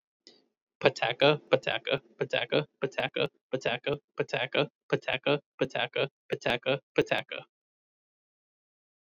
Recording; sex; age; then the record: repeated syllables /pa ta ka/; male; 30 to 39 years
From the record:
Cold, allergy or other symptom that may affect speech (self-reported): no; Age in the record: 33 years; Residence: Massachusetts, United States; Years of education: 17